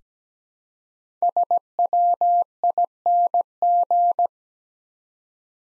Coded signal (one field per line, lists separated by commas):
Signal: Morse code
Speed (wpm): 17 wpm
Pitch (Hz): 700 Hz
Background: none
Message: SWING